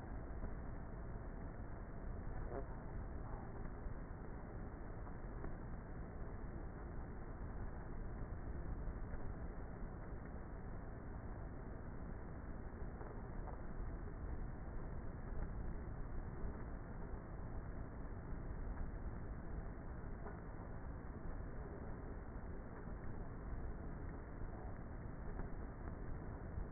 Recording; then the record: honeybee colony, microphone inside the hive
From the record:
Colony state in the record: queenless with a low population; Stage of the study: before two queens were removed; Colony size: about 30,000 bees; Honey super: no